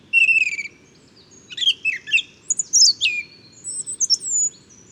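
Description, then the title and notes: Song thrush delivering a swooping whistle followed by a jumble of rapid squeaky and whistled notes. Male song thrush singing a varied, inventive first spring song at dawn, 12 February 2019, Bois de Château Serein; recorded with Nagra Seven and Telinga Pro7. "Bois de chateau serein. j&#39;enregistre une magnifique Grive musicienne"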